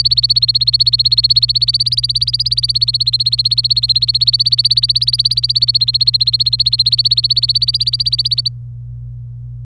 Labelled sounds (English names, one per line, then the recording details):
Domestic Canary song
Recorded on 26 April 2018 at 13:00
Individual llb3